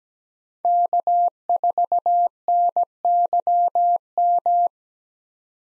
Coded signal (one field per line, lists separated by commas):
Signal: Morse code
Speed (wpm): 17 wpm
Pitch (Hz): 700 Hz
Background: none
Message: K4NYM